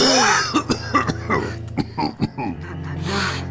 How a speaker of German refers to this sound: So ein Husten.